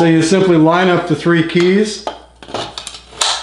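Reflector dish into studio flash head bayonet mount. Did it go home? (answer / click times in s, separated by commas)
yes / 3.2 s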